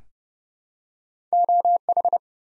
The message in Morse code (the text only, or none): OH